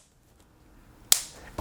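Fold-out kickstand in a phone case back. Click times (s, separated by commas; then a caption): 1.1 s. The fold-out kickstand on the back of a MagBak Elite magnetic case for an iPhone 17 Pro is opened and snaps into its locked position. After a quiet lead-in, a sharp, bright snap sounds at 1.1 s, followed by a softer knock at 1.6 s. The kickstand is locked in place.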